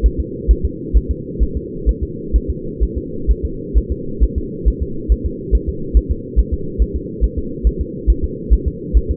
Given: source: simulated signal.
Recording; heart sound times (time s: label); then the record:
fetal heart sounds
0.06 s: S1
0.20 s: S2
0.51 s: S1
0.65 s: S2
0.97 s: S1
1.11 s: S2
1.43 s: S1
1.57 s: S2
1.89 s: S1
2.03 s: S2
2.36 s: S1
2.50 s: S2
2.83 s: S1
2.98 s: S2
3.31 s: S1
3.45 s: S2
3.78 s: S1
3.92 s: S2
4.23 s: S1
4.38 s: S2
4.68 s: S1
4.82 s: S2
5.12 s: S1
5.26 s: S2
5.55 s: S1
5.69 s: S2
5.97 s: S1
6.11 s: S2
6.39 s: S1
6.54 s: S2
6.82 s: S1
6.96 s: S2
7.24 s: S1
7.39 s: S2
7.67 s: S1
7.81 s: S2
8.10 s: S1
8.24 s: S2
8.53 s: S1
8.68 s: S2
8.97 s: S1
9.11 s: S2
From the record:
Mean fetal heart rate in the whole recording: 135 bpm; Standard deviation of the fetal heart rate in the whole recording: 3 bpm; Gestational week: 34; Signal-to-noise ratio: -4.3 dB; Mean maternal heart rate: 72 bpm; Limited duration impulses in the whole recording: absent